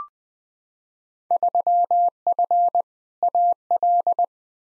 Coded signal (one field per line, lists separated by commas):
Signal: Morse code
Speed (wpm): 20 wpm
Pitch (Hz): 700 Hz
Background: none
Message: 3F AL